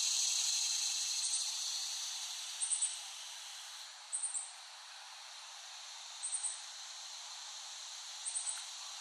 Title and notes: Dronecast: The Cicadas of Summer. Recording of cicadas made by Dan Bodah in West Brighton, Staten Island, late summer 2008